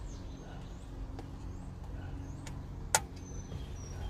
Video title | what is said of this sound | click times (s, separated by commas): BMW - Avinusa 10.25" Multimedia Nav System INSTALLATION on an M235i | you'll hear it click slide it out nice | 3.0 s